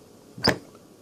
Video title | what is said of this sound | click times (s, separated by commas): My Edited Video | push down and lift up until you hear it snap | 0.5 s